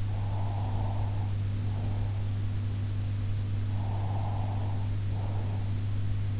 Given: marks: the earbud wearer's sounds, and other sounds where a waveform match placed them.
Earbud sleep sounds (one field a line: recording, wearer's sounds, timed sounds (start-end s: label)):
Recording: sounds in sleep by an in-ear microphone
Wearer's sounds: breath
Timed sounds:
0.03-2.37 s: breath
3.69-5.80 s: breath